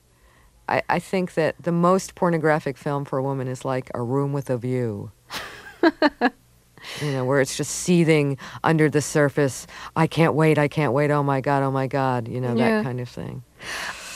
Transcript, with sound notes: I think that the most pornographic film for a woman is like a room with a view...
(Laughter).
...You know, where it's just seething under the surface. I can't wait; I can't wait - oh, my God, oh, my God - you know, that kind of thing.